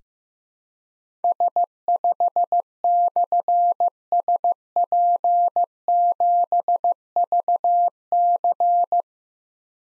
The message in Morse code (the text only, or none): S5/SP7VC